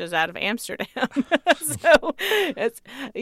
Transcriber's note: laughter